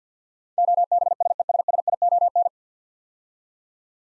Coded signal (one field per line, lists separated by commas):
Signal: Morse code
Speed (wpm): 52 wpm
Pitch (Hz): 700 Hz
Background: none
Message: OBSESSION